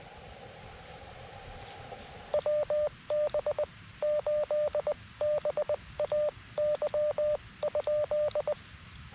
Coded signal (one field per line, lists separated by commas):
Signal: Morse code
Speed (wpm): 20 wpm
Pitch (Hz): 1190 Hz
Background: radio noise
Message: WB8BAY?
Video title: Operator Error: K2EJT POTA at K-2023 Buttermilk Falls State Park